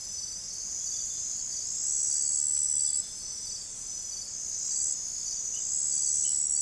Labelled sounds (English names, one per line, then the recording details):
none
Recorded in forest near Pivijay, Magdalena, Colombia, on 5 June 2023 at 03:00
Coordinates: 10.467, -74.380
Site Z5-G034